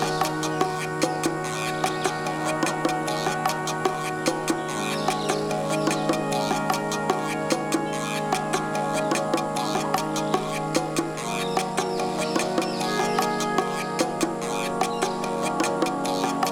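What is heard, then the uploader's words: A jungle-themed musical piece: sustained, layered tones hold steady while the low note shifts at about 4.5 and 11 seconds. Dense, rapid clicks and ticking, with faint squeaks, run throughout at a fairly even pace, keeping the level constant. A Musical Day in the Jungle.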